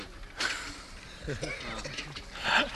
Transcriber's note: chuckles